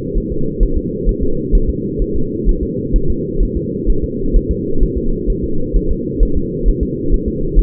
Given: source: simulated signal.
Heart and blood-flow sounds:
fetal heart sounds
0.18 s: S1
0.32 s: S2
0.63 s: S1
0.78 s: S2
1.09 s: S1
1.23 s: S2
1.55 s: S1
1.70 s: S2
2.02 s: S1
2.16 s: S2
2.49 s: S1
2.63 s: S2
2.96 s: S1
3.10 s: S2
3.43 s: S1
3.57 s: S2
3.90 s: S1
4.04 s: S2
4.36 s: S1
4.51 s: S2
4.83 s: S1
4.98 s: S2
5.30 s: S1
5.44 s: S2
5.76 s: S1
5.91 s: S2
6.23 s: S1
6.37 s: S2
6.69 s: S1
6.83 s: S2
7.14 s: S1
7.28 s: S2
7.59 s: S1
From the record:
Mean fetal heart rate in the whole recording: 130 bpm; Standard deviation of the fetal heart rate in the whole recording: 2 bpm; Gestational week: 38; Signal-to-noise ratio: -8.1 dB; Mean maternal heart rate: 72 bpm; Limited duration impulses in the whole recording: absent

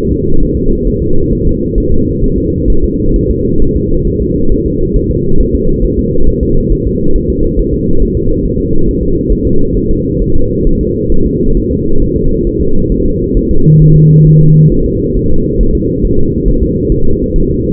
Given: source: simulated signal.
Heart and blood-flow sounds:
fetal heart sounds
0.12 s: S2
0.43 s: S1
0.57 s: S2
0.87 s: S1
1.02 s: S2
1.32 s: S1
1.47 s: S2
1.78 s: S1
1.92 s: S2
2.24 s: S1
2.38 s: S2
2.70 s: S1
2.84 s: S2
3.16 s: S1
3.30 s: S2
3.62 s: S1
3.76 s: S2
4.07 s: S1
4.22 s: S2
4.52 s: S1
4.66 s: S2
4.96 s: S1
5.11 s: S2
5.40 s: S1
5.55 s: S2
5.84 s: S1
5.99 s: S2
6.28 s: S1
6.43 s: S2
6.72 s: S1
6.87 s: S2
7.16 s: S1
7.30 s: S2
7.59 s: S1
7.74 s: S2
8.02 s: S1
8.17 s: S2
8.45 s: S1
8.60 s: S2
8.89 s: S1
9.03 s: S2
9.32 s: S1
9.47 s: S2
9.77 s: S1
9.91 s: S2
10.22 s: S1
10.36 s: S2
10.67 s: S1
10.81 s: S2
11.12 s: S1
11.26 s: S2
11.57 s: S1
11.71 s: S2
12.02 s: S1
12.16 s: S2
12.47 s: S1
12.61 s: S2
12.92 s: S1
13.06 s: S2
13.37 s: S1
13.51 s: S2
13.82 s: S1
13.96 s: S2
14.27 s: S1
14.41 s: S2
14.72 s: S1
14.86 s: S2
15.16 s: S1
15.31 s: S2
15.61 s: S1
15.75 s: S2
16.04 s: S1
16.19 s: S2
16.48 s: S1
16.63 s: S2
16.92 s: S1
17.06 s: S2
17.36 s: S1
17.50 s: S2
From the record:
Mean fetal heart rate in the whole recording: 135 bpm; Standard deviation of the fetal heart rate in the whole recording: 3 bpm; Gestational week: 36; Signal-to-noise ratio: -19.1 dB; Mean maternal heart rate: 72 bpm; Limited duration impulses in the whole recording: present

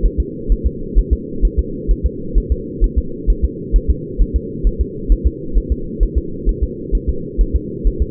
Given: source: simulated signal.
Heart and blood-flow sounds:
fetal heart sounds
0.06 s: S1
0.20 s: S2
0.52 s: S1
0.67 s: S2
0.98 s: S1
1.13 s: S2
1.45 s: S1
1.59 s: S2
1.91 s: S1
2.06 s: S2
2.38 s: S1
2.52 s: S2
2.84 s: S1
2.98 s: S2
3.30 s: S1
3.45 s: S2
3.76 s: S1
3.90 s: S2
4.22 s: S1
4.36 s: S2
4.67 s: S1
4.81 s: S2
5.12 s: S1
5.27 s: S2
5.58 s: S1
5.72 s: S2
6.03 s: S1
6.18 s: S2
6.49 s: S1
6.64 s: S2
6.95 s: S1
7.09 s: S2
7.41 s: S1
7.56 s: S2
7.87 s: S1
8.02 s: S2
From the record:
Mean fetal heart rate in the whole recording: 130 bpm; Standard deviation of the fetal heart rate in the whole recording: 2 bpm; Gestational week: 36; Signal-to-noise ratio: -4.3 dB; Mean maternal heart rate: 72 bpm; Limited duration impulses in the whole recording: absent

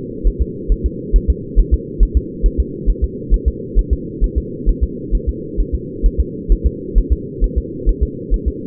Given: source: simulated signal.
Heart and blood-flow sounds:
fetal heart sounds
0.27 s: S1
0.42 s: S2
0.72 s: S1
0.86 s: S2
1.16 s: S1
1.30 s: S2
1.59 s: S1
1.74 s: S2
2.03 s: S1
2.17 s: S2
2.46 s: S1
2.60 s: S2
2.90 s: S1
3.04 s: S2
3.34 s: S1
3.48 s: S2
3.79 s: S1
3.93 s: S2
4.24 s: S1
4.38 s: S2
4.69 s: S1
4.83 s: S2
5.15 s: S1
5.29 s: S2
5.60 s: S1
5.75 s: S2
6.06 s: S1
6.20 s: S2
6.52 s: S1
6.66 s: S2
6.98 s: S1
7.12 s: S2
7.44 s: S1
7.58 s: S2
7.89 s: S1
8.03 s: S2
8.34 s: S1
8.48 s: S2
From the record:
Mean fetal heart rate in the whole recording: 135 bpm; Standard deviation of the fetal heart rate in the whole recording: 3 bpm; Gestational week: 36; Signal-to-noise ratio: -4.1 dB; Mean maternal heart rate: no maternal heart sound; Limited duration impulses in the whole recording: absent

